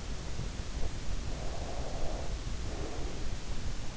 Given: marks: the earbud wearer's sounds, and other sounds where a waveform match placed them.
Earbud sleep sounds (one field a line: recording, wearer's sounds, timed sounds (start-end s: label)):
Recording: sounds in sleep by an in-ear microphone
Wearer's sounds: breath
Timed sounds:
1.28-3.28 s: breath